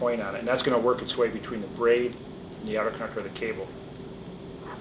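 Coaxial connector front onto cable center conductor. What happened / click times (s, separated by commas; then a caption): The connector is being handled and has not seated yet / none. Someone talks while handling the front part of a coaxial cable connector, which has a built-in gland washer with a sharp point meant to work between the cable's braid and outer conductor, before placing it over the cable's center conductor. A steady faint hum runs underneath the voice. The front has not yet snapped on over the center conductor, and nothing has seated yet.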